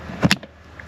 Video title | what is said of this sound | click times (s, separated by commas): 300 SERIES LANDCRUISER UPGRADES - Do it yourself throttle controller install - Torqit Pedal Torq | click there we go now all we have to do is Mount the controller back on its studs | 0.3 s